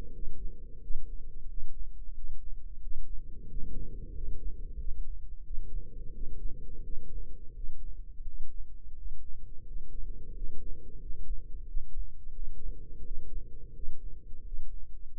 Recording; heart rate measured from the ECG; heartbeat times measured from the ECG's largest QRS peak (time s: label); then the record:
heart sounds by microphone in the left ear; 88 bpm
0.11 s: heartbeat
0.79 s: heartbeat
1.46 s: heartbeat
2.13 s: heartbeat
2.79 s: heartbeat
3.46 s: heartbeat
4.11 s: heartbeat
4.77 s: heartbeat
5.43 s: heartbeat
6.11 s: heartbeat
6.82 s: heartbeat
7.52 s: heartbeat
8.24 s: heartbeat
8.94 s: heartbeat
9.64 s: heartbeat
10.32 s: heartbeat
10.98 s: heartbeat
11.65 s: heartbeat
12.32 s: heartbeat
13.01 s: heartbeat
13.72 s: heartbeat
14.42 s: heartbeat
15.13 s: heartbeat
From the record:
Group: healthy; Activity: rest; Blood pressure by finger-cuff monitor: 114/74 mmHg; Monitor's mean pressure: 87 mmHg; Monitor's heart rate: 86 bpm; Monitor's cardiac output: 7.5 L/min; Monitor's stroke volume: 85 mL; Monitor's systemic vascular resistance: 860 dyn s/cm5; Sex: male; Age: 33 years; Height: 179 cm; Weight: 80.4 kg